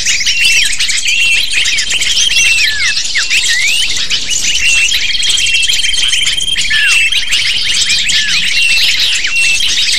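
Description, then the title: Lovebird chorus of shrill, rapid chirping and squeaking, calls crowding over one another continuously for the whole stretch, with thin steady tones running along the top. Lure used to attract lovebirds. "PIKAT BURUNG LOVEBIRD"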